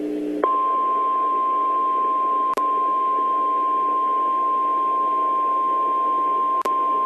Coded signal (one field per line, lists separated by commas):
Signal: Emergency Alert System (SAME) tones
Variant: 1050 Hz attention tone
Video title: EAS Scenario Tornado Alley’s Secret